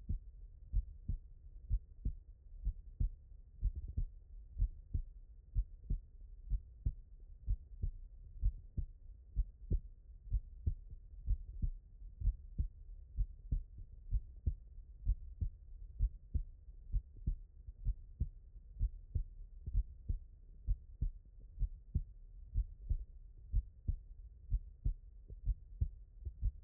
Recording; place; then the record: heart sounds by stethoscope; pulmonary valve (PV)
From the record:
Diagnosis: non-HFrEF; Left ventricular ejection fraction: 62%